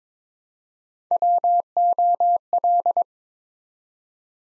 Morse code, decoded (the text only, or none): WOL